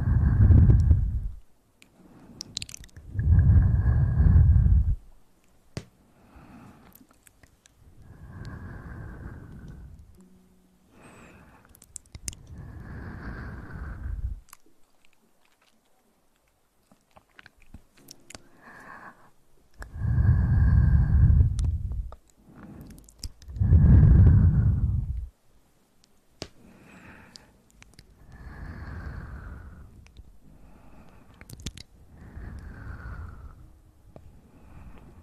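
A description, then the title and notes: Ear eating: bursts of wet, squishy mouth sounds come in irregular waves, a few seconds each, with heavy low thumps in the loudest ones near the start and around 20–25 seconds. Softer smacking and clicking fill the gaps, with a brief near-silence around 15 seconds. Relaxing Ear Eating.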